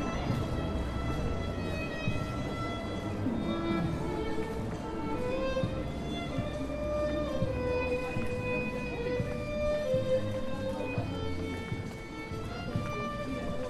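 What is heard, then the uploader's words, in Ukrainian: A lively street in Kyiv, with steady outdoor bustle and murmuring voices throughout. Sustained melodic notes, like a street musician's instrument, drift and shift in pitch over a low rumble, and the overall level stays even for the whole stretch. Андріївський узвіз, Київ. Запис зроблений між пам'ятником Михайлу Булгакову та Театром на Подолі. Вечір.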